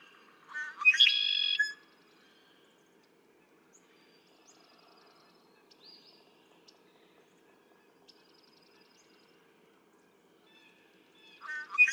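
Red-winged blackbird song: gurgling intro notes and a buzzy trill, a long quiet stretch with faint chips, then a second song starting at the very end.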